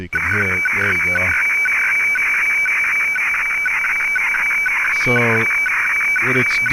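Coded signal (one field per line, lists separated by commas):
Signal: weather fax (radiofax)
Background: speech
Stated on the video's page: Weather fax transmission received on a KiwiSDR.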